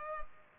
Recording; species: mosquito wingbeat signal from an infrared sensor; Culex pipiens